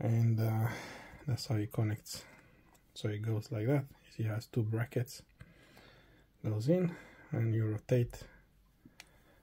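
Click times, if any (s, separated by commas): 9.0 s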